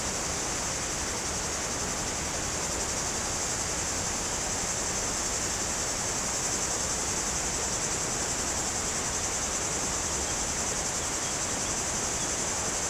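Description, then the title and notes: Steady high-pitched cicada buzzing, even and unchanging throughout, laid over a continuous wash of running water. Cicadas very active in trees on a hot day, slopes of the Grand Colombier above Culoz, France, near the Jourdan river. "Chem. de Romagnieux, 01350 Culoz, France - Rivière et cigales. Sur les pentes du Grand Colombier au dessus de Culoz , par cette chaude journée les cigales sont très actives dans les arbres près du Jourdan"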